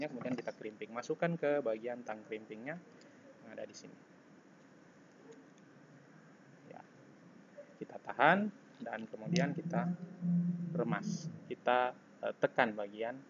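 An RJ45 plug on a cable is inserted into a crimping tool's die and held there before the handles are squeezed. Someone talks, and only small handling noises are heard, including faint ticks at about 5.6 s, 6.8 s and 7.8 s. Nothing has been crimped or clicked yet.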